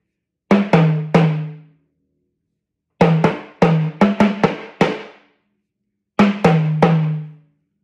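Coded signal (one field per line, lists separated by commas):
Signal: talking drum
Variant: Yoruba dùndún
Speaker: another Yoruba talking drum line. That's it. Jijẹ ni ẹrù orí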